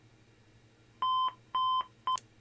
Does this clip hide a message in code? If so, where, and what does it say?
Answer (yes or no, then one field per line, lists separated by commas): no